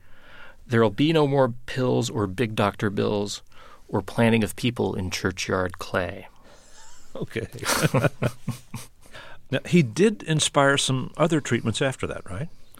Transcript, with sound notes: There'll be no more pills or big doctor bills or planting of people in churchyard clay.
(LAUGHTER)
OK. Now, he did inspire some other treatments after that, right?